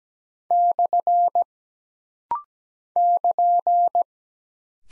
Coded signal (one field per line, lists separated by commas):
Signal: Morse code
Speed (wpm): 17 wpm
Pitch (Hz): 700 Hz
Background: none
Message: / <KN>